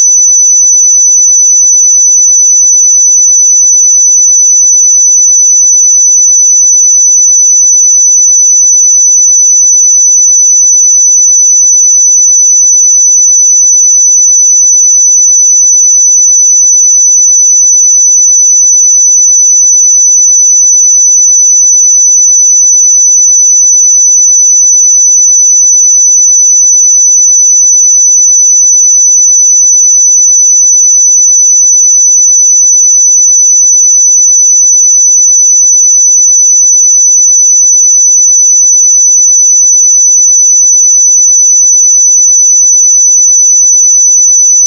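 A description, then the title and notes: A pure sine tone near 5997 Hz sounds unbroken for the full length, a thin, high, piercing whistle. Its pitch and loudness stay perfectly steady from start to finish, with no other sounds beneath it. 5997 Hz 1 Hz Interval Sine Pure Tone Frequency 441000 Sample Mono.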